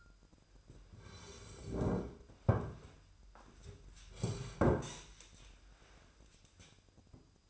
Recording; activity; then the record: daily activity, microphone in the room; sit down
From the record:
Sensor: 2